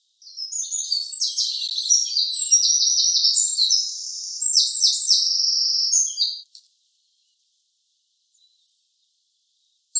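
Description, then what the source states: Eurasian wren song: a bright, high, rattling series of rapid trills lasting about six seconds, then quiet with a few faint clicks. Call of nominate subspecies troglodytes troglodytes.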